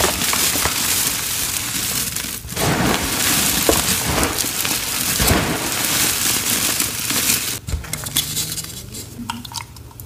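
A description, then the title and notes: Powder being played with makes dense, steady crinkling and crumbling, with soft thuds and scrapes, and brief pauses near two and eight seconds. Tons of super satisfying powder play. Lots of dust, pretty colors, cornstarch crunchies, and more!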